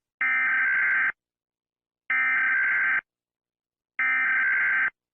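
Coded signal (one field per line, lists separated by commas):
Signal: Emergency Alert System (SAME) tones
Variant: header bursts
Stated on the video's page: Made-up EAS scenario for entertainment.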